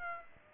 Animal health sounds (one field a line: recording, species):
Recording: mosquito wingbeat signal from an infrared sensor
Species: Aedes aegypti